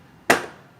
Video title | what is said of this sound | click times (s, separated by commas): Fare - Kemirgen istasyonu nedir? Fare istasyonu nasıl kullanılır? | kapatıp tık sesi gelince istasyonumuz kilitlenmiş oluyor | 0.3 s